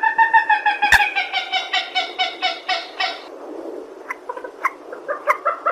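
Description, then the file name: Purple swamphen uttering a fast run of loud, nasal notes for about three seconds, followed by softer, scattered calls. "tieng trich re keu"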